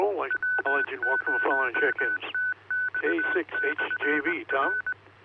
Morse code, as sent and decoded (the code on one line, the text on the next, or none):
.-- ----- - -..- -..-. .-.
W0TX/R